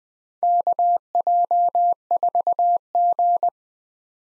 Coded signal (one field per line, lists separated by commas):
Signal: Morse code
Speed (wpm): 20 wpm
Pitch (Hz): 700 Hz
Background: none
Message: KJ4G